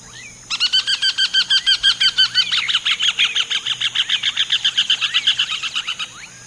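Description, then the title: Bird song: a long, rapid series of bright, evenly repeated chirping notes, first clipped, then changing to a fuller, denser phrase, running for about five seconds. "LuckyPassaro Completos2Sama"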